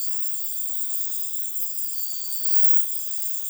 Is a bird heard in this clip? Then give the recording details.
no. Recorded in dense forest near Puerto Asís, Putumayo, Colombia, on 19 February 2024 at 01:30. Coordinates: 0.505, -76.324. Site G6467